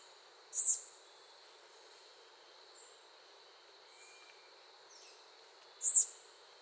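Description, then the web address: Bird calling with two loud, piercing high chips about five seconds apart, with a few faint twittering notes in between against a constant thin hum. Call, recorded in Costa Rican cloud forest. "Birds of the Costa Rican Cloud Forest Call"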